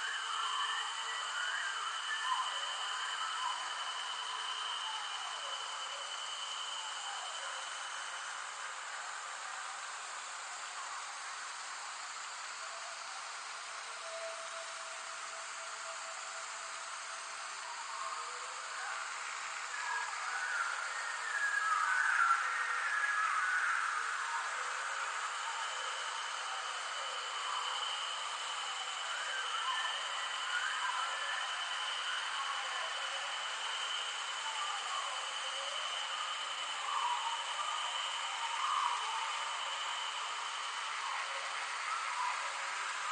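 A Costa Rican jungle chorus fills the air with dense, overlapping chirps and calls, backed by a steady high insect drone and a thin whine that comes and goes. Activity swells around the middle, then settles back into an even, busy hum with no low sounds.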